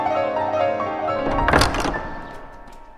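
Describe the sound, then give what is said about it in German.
A church door leading up to the church tower opens: a drawn-out tonal creak runs under a low hum, broken midway by a single loud wooden thunk, then the sound fades away with no voices. “Er hört, wie sich eine Tür öffnet.”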